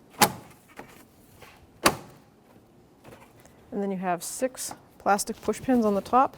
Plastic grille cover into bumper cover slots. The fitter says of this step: you're going to have to tilt the grill cover just to line right up and then you're going to push it until it clicks